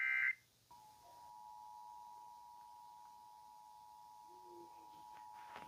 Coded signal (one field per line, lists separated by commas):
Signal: Emergency Alert System (SAME) tones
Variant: 853 and 960 Hz attention tone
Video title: SLIGHT Risk Chaos Juneteenth (EAS Alerts #67-74)